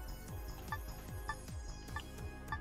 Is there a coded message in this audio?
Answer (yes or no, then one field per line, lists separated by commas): no